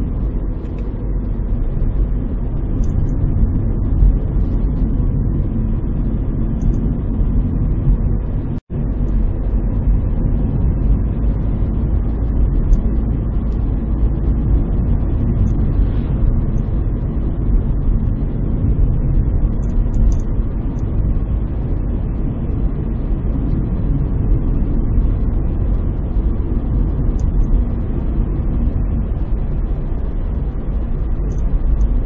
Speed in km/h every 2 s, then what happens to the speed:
53, 53, 53, 53, 56, 59, 61, 61, 60, 60, 61, 62, 62, 62, 63, 61.
0-6 steady at about 53. 6-12 speeds up to 61. 12-32 steady at about 61.